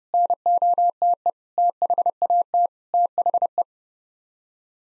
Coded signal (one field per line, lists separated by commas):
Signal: Morse code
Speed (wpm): 30 wpm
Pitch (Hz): 700 Hz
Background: none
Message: NOTE THAT THE